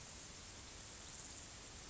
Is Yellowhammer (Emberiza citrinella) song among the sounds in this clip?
no